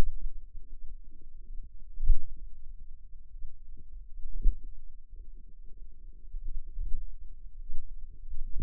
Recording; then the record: forearm muscle sounds (acoustic myography)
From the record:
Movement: pen grasping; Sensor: system 2, bracelet of six BSWA MPA416 microphones around the upper forearm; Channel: 1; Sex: female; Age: 22 years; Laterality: right